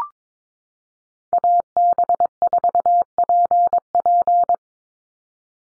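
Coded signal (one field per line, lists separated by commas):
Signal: Morse code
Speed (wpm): 22 wpm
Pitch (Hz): 700 Hz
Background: none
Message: AB4PP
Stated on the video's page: Head-copy drill of North American SOTA chaser callsigns at 22 wpm, each sent in Morse, spoken, then sent again.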